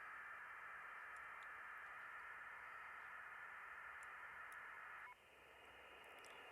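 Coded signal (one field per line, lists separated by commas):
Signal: packet radio (AX.25, as in APRS)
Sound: steady wideband data hiss for about five seconds, then stops abruptly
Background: radio static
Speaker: it now we've got a rejected frame now we didn't hear it all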